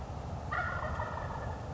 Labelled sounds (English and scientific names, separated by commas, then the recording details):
Wild Turkey (Meleagris gallopavo)
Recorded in Sonoma County, California